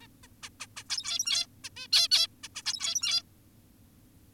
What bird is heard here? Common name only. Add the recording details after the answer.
Zebra Finch. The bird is an adult. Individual g17y2U